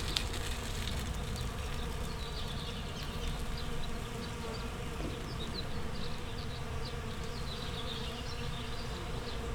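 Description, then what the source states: Bees buzz in a constant low drone while birds twitter in quick, scattered high notes. Bees in a flowering rapeseed field, Słoneczna 9, Siemianowice Śląskie, Poland, Saturday 18 May 2019; Zoom H5 with Audio-Technica BP4025.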